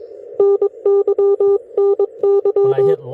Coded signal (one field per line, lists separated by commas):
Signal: Morse code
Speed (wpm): 22 wpm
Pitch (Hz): 400 Hz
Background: speech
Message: NYNY